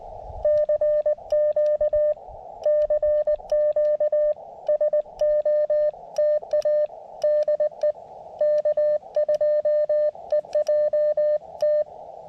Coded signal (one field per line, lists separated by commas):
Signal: Morse code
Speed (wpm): 19 wpm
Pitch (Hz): 590 Hz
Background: none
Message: CQ CQ SOTA DE K2EJT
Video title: CW SOTA at W2/GC-026 Utsayantha Mountain